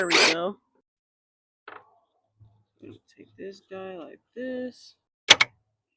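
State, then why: Released. Someone talks while gripping the old plastic hood release handle and levering it out of its interior mount. Two sharp clicks sound at 5.3 s and 5.4 s as the handle pops out, released from its mount.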